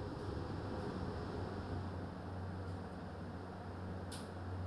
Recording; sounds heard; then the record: poultry house recording; no chicken sound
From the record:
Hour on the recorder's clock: 21